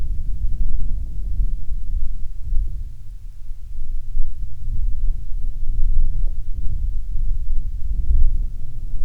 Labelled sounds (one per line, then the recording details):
wind
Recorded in the Prudhoe Bay oil fields, Alaska, on 7 August 2019 at 14:25
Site 17